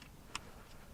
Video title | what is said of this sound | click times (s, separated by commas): 2007 - 2014 Chevy Silverado/Sierra Window Switch Replaced | and those snap back into place | 0.4 s